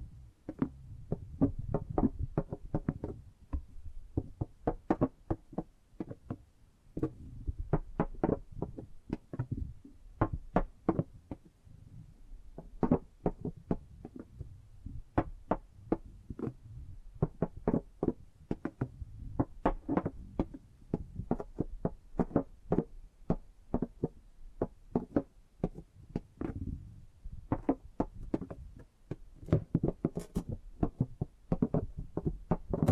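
Tapping and gripping sounds: dense, irregular sharp taps and knocks continue throughout, over a soft low rumble of handling and rubbing.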